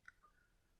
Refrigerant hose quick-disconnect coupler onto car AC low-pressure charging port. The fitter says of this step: press down on the back of the connector until you hear it click